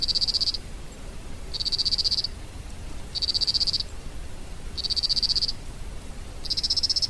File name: Scinax squalirostris